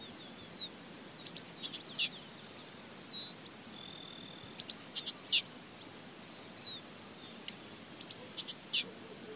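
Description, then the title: Songbird singing high, rapid twittering phrases ending in steep falling notes, three bursts about every three to four seconds, with scattered quiet chirps and light hiss. "LuckyPassaro Completos2Sama"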